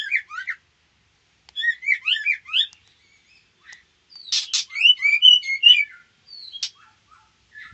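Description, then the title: White-rumped shama with quick chirpy phrases, a pause, then a louder mix of sharp chips and whistled notes. Female. "Murai batu betina"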